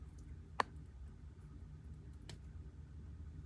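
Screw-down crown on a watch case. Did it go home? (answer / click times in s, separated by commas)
released / 0.6 s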